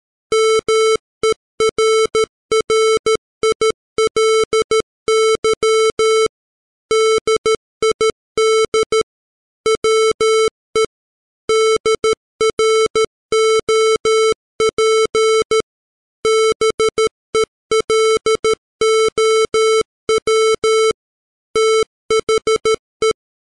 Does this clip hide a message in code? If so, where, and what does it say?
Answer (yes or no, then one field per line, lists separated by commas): yes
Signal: Morse code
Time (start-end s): 0.3-23.1 s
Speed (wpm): 13 wpm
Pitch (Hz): 440 Hz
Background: music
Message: MERRILY DID WE DROP BELOW THE